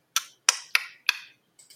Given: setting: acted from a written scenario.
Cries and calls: vocal sound without words; guilt

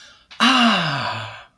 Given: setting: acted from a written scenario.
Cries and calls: vocal sound without words; realization

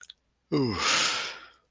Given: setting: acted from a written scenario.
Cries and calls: vocal sound without words; contentment

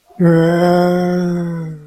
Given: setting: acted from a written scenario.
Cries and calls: vocal sound without words; shame

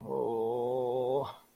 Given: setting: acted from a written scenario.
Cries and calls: vocal sound without words; embarrassment

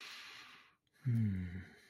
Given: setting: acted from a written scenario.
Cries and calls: vocal sound without words; serenity

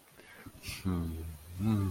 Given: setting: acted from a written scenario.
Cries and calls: vocal sound without words; ecstasy

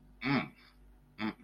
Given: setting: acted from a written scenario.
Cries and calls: vocal sound without words; desire

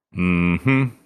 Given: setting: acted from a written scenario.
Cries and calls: vocal sound without words; contempt

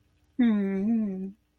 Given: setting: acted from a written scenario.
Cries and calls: vocal sound without words; guilt

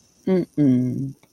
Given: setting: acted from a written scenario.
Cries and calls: vocal sound without words; contempt

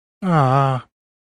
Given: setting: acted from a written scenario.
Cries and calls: vocal sound without words; romantic love

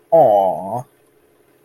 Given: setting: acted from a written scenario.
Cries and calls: vocal sound without words; adoration

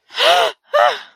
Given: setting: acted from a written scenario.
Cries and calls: vocal sound without words; negative surprise

